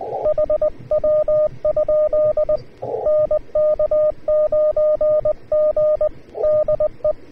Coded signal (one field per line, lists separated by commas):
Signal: Morse code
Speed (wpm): 20 wpm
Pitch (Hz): 610 Hz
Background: radio noise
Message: HW? NK9G DE